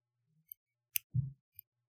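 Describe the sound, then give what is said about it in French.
Three soft, crisp scissor snips spaced irregularly across a quiet background, with a brief low muffled thump between the second and third. “Ou alors des petits trucs de ciseaux, genre comme ça.”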